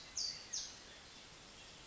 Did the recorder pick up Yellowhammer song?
no